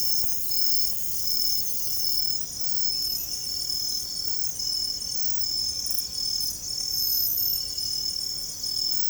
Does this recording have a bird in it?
no